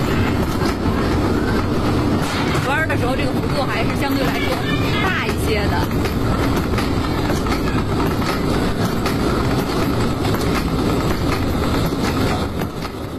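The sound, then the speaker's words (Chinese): An alpine slide cart rolls steadily along the elevated stainless steel slide track at Longqingxia, a loud, continuous rumbling clatter with a brief whirring chirp partway through, while a man talks over the noise. “坐着这个滑道，这感觉还是挺刺激的，而且呢，我觉得这个滑车啊，相对来说还是比较好控制的。”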